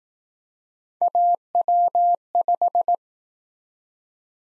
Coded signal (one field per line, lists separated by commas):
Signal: Morse code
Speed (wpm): 19 wpm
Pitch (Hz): 700 Hz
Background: none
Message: AW5